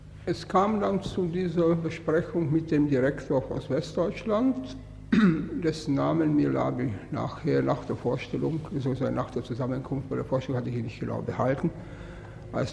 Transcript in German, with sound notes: Es kam dann zu dieser Besprechung mit dem Direktor aus Westdeutschland, [räuspert] dessen Namen mir Laby nachher, nach der Vorstellung - also so nach der Zusammenkunft, bei der Vorstellung hatte ich ihn nich' genau behalten - als